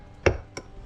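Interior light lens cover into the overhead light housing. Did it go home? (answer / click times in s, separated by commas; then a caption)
partly / 0.3 s. A light lens cover for a 2017-2025 Mazda CX5 LED interior light is pressed onto the gasket of the overhead light housing, and the first of its two sides snaps in with a sharp click at 0.3 s. A fainter tick follows at 0.6 s, and the lens is only partly seated, with the other side not yet pushed home.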